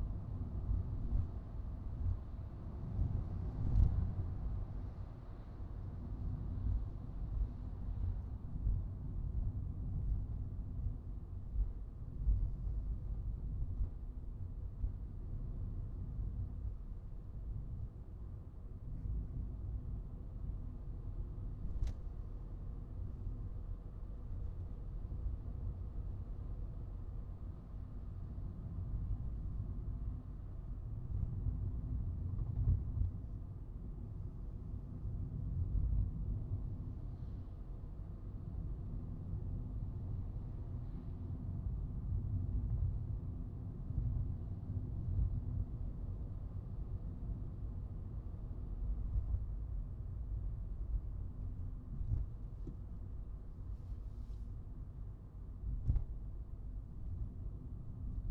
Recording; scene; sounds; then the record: everyday scene through a hearing-aid microphone; in a vehicle; engine, traffic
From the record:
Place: Skoda Fabia, gasoline engine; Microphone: in the ear canal, right